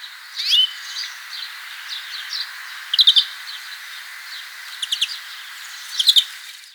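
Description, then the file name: European greenfinch calls: short chirps and twitters, with brighter clustered bursts near three, five and six seconds over a steady background hiss. "Chloris chloris"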